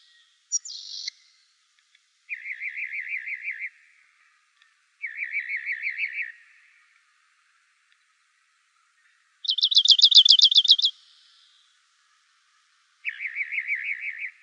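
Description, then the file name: Rock wren song: a brief high note, then separate trilled phrases, mostly a lower rolling trill with one higher, louder rapid trill, with pauses between phrases. "ROWR 2 deviche"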